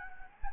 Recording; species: mosquito wingbeat signal from an infrared sensor; Anopheles gambiae